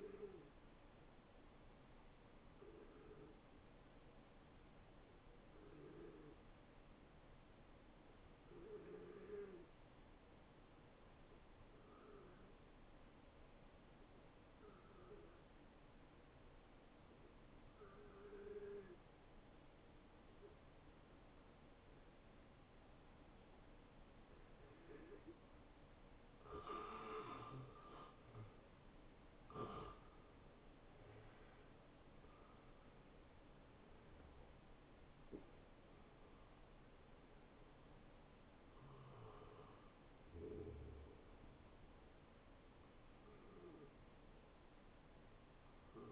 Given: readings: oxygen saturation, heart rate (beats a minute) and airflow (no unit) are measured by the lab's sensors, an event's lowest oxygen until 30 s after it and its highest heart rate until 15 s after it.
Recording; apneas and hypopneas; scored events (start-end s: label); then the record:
breathing in sleep by a voice recorder at the bedside; 1
3.00-28.70 s: hypopnea (N1, oxygen 94% highest, then 90% lowest, heart rate 72 at the start, 81 highest)
14.00-44.00 s: new sleep stage, N2 (light sleep)
44.00-46.12 s: new sleep stage, N1 (lightest sleep)
From the record:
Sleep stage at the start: N1 (lightest sleep); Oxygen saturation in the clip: 84 to 94%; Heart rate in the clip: 67 to 81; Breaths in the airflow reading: 10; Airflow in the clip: -19.5 to 14.7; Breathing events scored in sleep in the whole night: 263 in 5.5 hours asleep